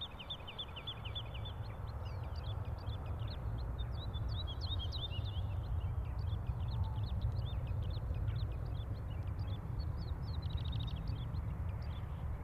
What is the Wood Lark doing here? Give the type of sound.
song